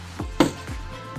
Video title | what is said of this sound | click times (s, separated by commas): Jacuzzi Aqua SPA Remontage Complé de la Pompe Réparé. | C'est bien emboîté. | 0.4 s